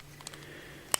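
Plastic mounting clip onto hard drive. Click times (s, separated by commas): 0.9 s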